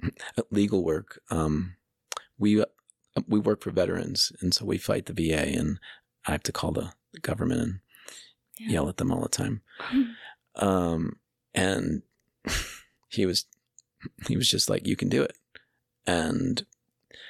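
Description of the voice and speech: Low-pitched adult male speech from a person who stutters, with repeated words, long silent blocks and drawn-out fillers typical of stuttering.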